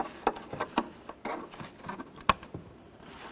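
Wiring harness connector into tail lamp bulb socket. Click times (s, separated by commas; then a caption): 2.3 s. A wiring harness connector is pushed into a tail lamp bulb socket on a 2007–12 Dodge Caliber. Light taps and rustling handling sounds lead up to a sharp click at 2.3 s as the connector locks in and is seated.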